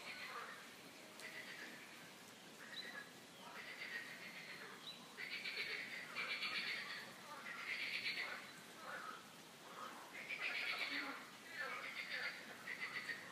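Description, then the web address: Chorus of frogs with grating, pulsed croaks swelling and fading in repeated waves, several callers overlapping. Frogs croaking in a park; the calls are described as a quack-like 'coin-coin'. "coincoin des grenouilles dans le parc"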